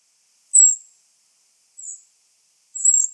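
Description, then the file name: Eurasian wren: three high call notes about a second apart, the middle one softer, set in silence. "Troglodytes troglodytes"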